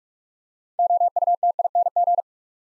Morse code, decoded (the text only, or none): OUTING